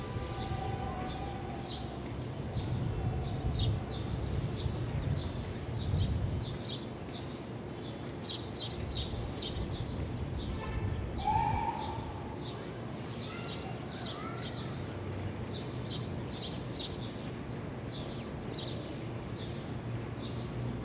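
Exterior city ambience on a Brooklyn roof: a steady low rumble of traffic and vehicles fills the whole stretch. Bright chirps and short bird calls come and go throughout, with a brief tonal whistle or squeal near the middle.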